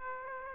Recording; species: mosquito wingbeat signal from an infrared sensor; Aedes aegypti